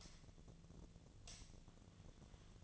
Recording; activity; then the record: daily activity, microphone in the room; light on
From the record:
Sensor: 4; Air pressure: 1010.6 hPa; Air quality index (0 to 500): 174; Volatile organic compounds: 5 ppm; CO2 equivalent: 1767 ppm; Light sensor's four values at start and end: 36/106/42/42 and 37/107/42/43